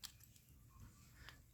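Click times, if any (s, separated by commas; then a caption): 0.1 s. A tabbed plastic helmet piece is pushed down onto the head of a small Darth Vader action figure so its hooks catch. A sharp click at 0.1 s is followed by faint ticks and low handling noise, with another light click near 1.3 s. The helmet only partly snaps down, not very well, but ends up in place.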